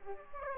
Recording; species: mosquito wingbeat signal from an infrared sensor; Aedes aegypti